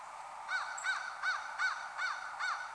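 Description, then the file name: American crow calling a run of six harsh, nasal caws in quick, even succession, with a light hiss behind. Recorded on 1 January 2015. "AMCR-1-Jan-2015"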